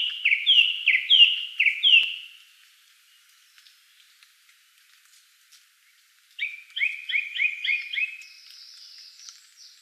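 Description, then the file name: Song thrush song: a loud note repeated five times, a quiet gap, then a fast stuttering phrase of repeated notes with a high thin sound after. Recorded 12 June 2013. "12 06 2013 Singdrossel"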